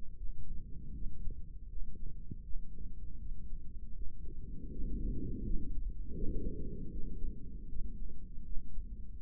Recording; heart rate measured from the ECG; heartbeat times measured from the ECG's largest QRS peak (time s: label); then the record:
heart sounds by microphone in the right ear; 80 bpm
0.16 s: heartbeat
0.94 s: heartbeat
1.69 s: heartbeat
2.43 s: heartbeat
3.18 s: heartbeat
3.94 s: heartbeat
4.71 s: heartbeat
5.43 s: heartbeat
6.13 s: heartbeat
6.91 s: heartbeat
7.68 s: heartbeat
8.44 s: heartbeat
9.19 s: heartbeat
From the record:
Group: healthy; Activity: rest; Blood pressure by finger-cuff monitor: 173/92 mmHg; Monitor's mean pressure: 109 mmHg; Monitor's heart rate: 80 bpm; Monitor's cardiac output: 8 L/min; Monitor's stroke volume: 100 mL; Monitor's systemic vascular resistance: 1020 dyn s/cm5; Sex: male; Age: 57 years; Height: 188 cm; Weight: 106 kg